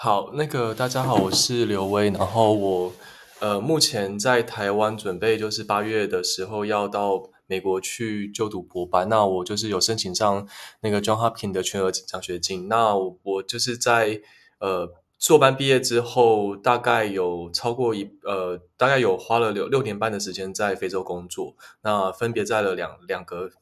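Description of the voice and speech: An adult man gives a self-introduction in Mandarin. He repeats syllables and words, uses fillers, and draws out sounds, consistent with mild adult stuttering. He has stuttered since childhood, from the time he began to speak.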